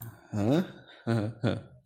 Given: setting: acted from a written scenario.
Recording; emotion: vocal sound without words; romantic love